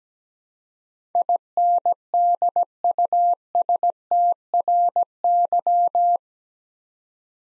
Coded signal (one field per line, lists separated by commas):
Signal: Morse code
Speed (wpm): 17 wpm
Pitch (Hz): 700 Hz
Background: none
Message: INDUSTRY